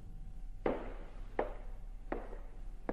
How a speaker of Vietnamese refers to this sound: Tiếng bước chân vang lên từ lầu 2.